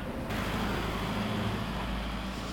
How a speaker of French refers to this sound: Alors on va attendre que le camion passe.